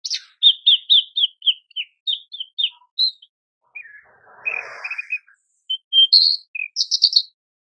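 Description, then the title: Horsfield's bush lark song: a run of evenly repeated chirps, a brief harsh rasping passage, then high chirps and trills. Cage-bird tutor (masteran) song of very active singing, used for training cage birds. "MASTERAN KICAUAN BRANJANGAN SUPER GACOR"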